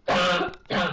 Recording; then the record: coughing mixed with background sound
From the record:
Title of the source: Barking cough - # 10